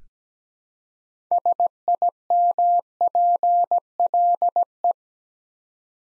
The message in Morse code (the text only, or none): SIMPLE